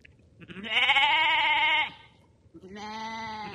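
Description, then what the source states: Sheep bleating: a long wavering bleat over a second long, then a second softer, steadier bleat after a short pause. Lambs.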